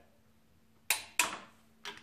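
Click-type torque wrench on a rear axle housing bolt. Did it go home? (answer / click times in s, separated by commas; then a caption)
yes / 0.9 s. A click-type torque wrench tightens the next bolt on a Ford 9-inch rear axle housing. It gives a sharp metallic click at 0.9 s when it reaches its 20 ft-lb setting, which shows the bolt is at the set torque. A second loud click follows at 1.2 s and a fainter one near 1.9 s.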